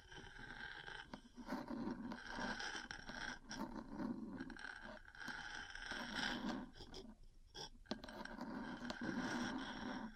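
Metal parts scrape and tap against each other in a continuous, busy clatter that keeps changing in texture. Scratchy, gritty rubbing fills most of the ten seconds, broken by sharp clicks and knocks scattered throughout, with a brief near-silent gap around seven seconds.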